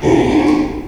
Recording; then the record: squeal of a Yucatan mini pig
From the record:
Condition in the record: after surgery on the right vocal fold (resection and tissue-engineered implant); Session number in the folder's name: 2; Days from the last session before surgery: 13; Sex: male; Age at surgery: 12 weeks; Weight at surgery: 13 kg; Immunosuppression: cyclosporine, prednisolone